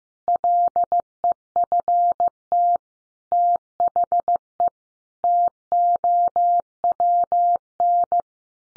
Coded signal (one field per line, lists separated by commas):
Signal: Morse code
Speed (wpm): 15 wpm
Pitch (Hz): 700 Hz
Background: none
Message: LEFT THE TOWN